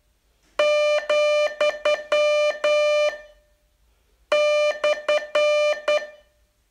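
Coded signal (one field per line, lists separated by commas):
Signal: Morse code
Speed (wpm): 11 wpm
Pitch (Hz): 600 Hz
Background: none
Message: , /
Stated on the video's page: Morse code training lesson, day 38 of a 42-day course.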